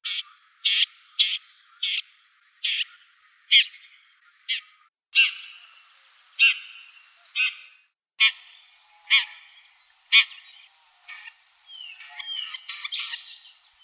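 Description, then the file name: Red-backed shrike harsh calls, broad grating notes repeated roughly every half second to one second, ending in denser, scratchier chatter. "Lanius collurio"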